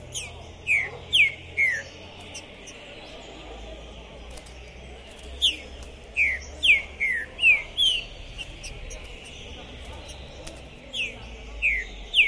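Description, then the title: Green-winged saltator singing descending whistles in quick runs of three to six notes, with long pauses between phrases. Captive contest bird at a singing tournament entrance, warming up, calling, singing and giving aggressive challenge song (macheando); pistoleiro song style; 2021. "Seu TRINCA Piando, Cantando E Macheando Na DISPUTA. Esse TRINCA FERRO ficou POSSUÍDO na PORTA do TORNEIO! Trinca Ferro Pistoleiro 2021"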